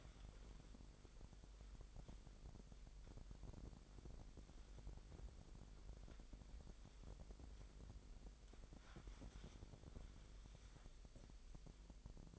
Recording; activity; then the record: daily activity, microphone in the room; wipe stove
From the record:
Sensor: 5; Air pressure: 1000.9 hPa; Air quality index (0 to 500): 247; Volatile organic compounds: 34 ppm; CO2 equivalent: 3044 ppm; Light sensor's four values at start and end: 30/68/27/25 and 31/70/28/26